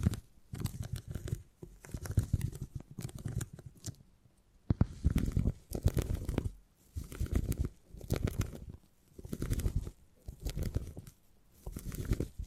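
Beeswax being handled in bursts of sticky crinkling and crunching, about a second or two each, separated by short quiet gaps throughout.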